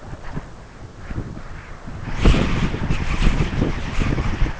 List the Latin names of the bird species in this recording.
none